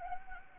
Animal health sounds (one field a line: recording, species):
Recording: mosquito wingbeat signal from an infrared sensor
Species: Anopheles gambiae